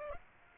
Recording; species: mosquito wingbeat signal from an infrared sensor; Aedes aegypti